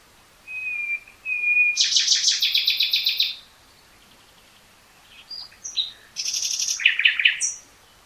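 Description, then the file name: Common nightingale song: two pure whistled notes, then a long loud rattling trill, a pause, and another varied fast phrase. "Luscinia megarhynchos"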